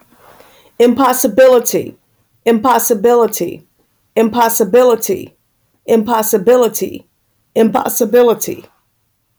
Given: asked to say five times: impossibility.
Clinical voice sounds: repeated word; female; 40 to 49 years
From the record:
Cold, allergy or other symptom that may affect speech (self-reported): no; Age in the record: 46 years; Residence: Missouri, United States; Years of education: 16

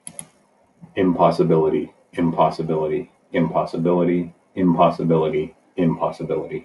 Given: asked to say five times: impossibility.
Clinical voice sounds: repeated word; male; 30 to 39 years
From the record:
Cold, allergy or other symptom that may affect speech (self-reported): no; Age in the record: 39 years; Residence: Utah, United States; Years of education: 16

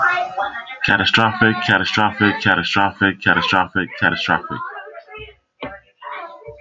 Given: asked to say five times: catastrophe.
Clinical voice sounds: repeated word; male; 40 to 49 years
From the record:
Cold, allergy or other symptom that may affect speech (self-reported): no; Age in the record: 44 years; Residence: California, United States

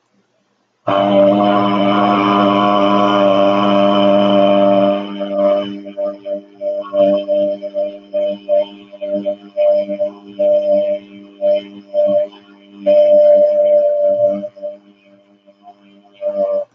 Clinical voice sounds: vowel held as long as possible; male; 40 to 49 years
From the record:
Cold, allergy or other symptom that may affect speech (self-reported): no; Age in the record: 40 years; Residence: Ohio, United States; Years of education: 12

